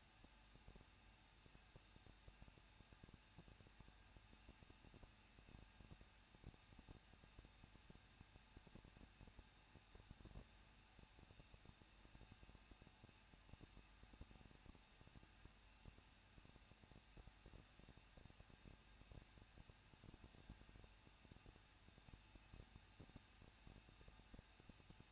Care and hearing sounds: daily activity, microphone in the room; no activity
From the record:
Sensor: 2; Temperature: 21.0 degrees Celsius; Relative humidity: 37.4%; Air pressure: 1006.2 hPa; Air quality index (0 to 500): 222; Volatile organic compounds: 24 ppm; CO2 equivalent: 2811 ppm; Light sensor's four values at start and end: 2/3/2/2 and 2/3/2/2

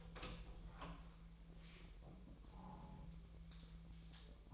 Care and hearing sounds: daily activity, microphone in the room; open door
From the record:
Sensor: 1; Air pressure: 1001.4 hPa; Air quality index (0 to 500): 250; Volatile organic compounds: 132 ppm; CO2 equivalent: 3938 ppm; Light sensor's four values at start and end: 13/31/13/14 and 13/31/13/14

